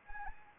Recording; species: mosquito wingbeat signal from an infrared sensor; Anopheles arabiensis